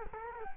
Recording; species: mosquito wingbeat signal from an infrared sensor; Culex quinquefasciatus